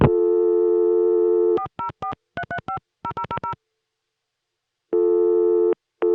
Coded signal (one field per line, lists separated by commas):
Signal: DTMF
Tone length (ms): 90 ms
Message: 4043350000